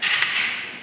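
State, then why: Seated. A wheel alignment target clamp with a geared ratchet, so it cannot be overtightened, is mounted onto a car wheel and tire. A steady broadband hiss fades slowly, and a sharp snap at 0.2 s shows the clamp is seated and secured.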